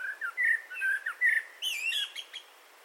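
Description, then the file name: Eurasian blackbird warbling song of low fluted whistles running into higher, squeaky twittering notes toward the end. "Turdus merula"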